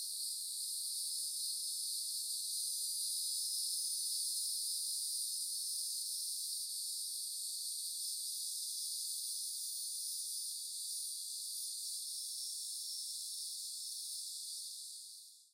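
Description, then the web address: Cicada song: a steady, unbroken high-pitched buzzing drone that holds at the same level throughout, fading out only in the final second, with no other sounds. Cicadas in upland hardwood forest at Green Mountain, Central Florida, isolated from the forest ambience. "GDC 2019-Game Audio Bundle Sound Spark LLC – FOREST AMBIENCE 1 CENTRAL FLORIDA Upland Hardwoods Green Mountain Nature Forest Cicadas Isolated"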